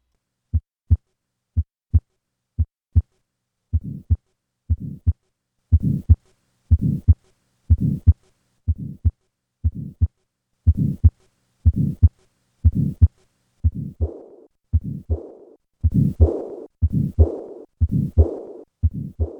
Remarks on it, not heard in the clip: Tetralogy of Fallot. I will start with normal heart sounds, and then add the systolic murmur of subpulmonic stenosis, and finally a diastolic murmur of pulmonic insufficiency.